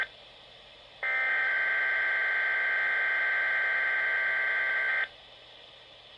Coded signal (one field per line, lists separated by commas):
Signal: Emergency Alert System (SAME) tones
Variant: header bursts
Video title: XLF322 Required Weekly Test w/I-Notify Upgrade Message (EAS #25)